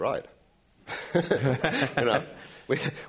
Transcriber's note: laughter